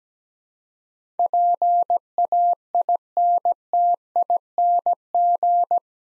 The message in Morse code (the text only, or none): PAINTING